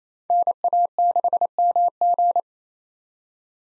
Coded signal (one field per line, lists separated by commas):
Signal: Morse code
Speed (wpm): 29 wpm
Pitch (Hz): 700 Hz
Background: none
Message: NA6MG